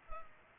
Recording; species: mosquito wingbeat signal from an infrared sensor; Culex pipiens